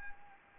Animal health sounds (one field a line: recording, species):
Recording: mosquito wingbeat signal from an infrared sensor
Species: Anopheles arabiensis